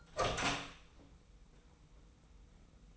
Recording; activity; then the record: daily activity, microphone in the room; open door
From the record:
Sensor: 1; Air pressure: 990.4 hPa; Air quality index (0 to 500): 151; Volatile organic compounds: 1000 ppm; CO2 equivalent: 5464 ppm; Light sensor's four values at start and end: 33/74/32/35 and 33/74/32/34